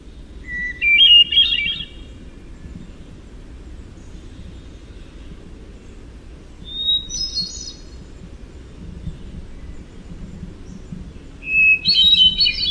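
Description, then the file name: Hermit thrush singing three clear, ethereal phrases several seconds apart. Each starts on a held whistle at a different pitch and then spirals upward, over a steady low rumbling background. "HETH song"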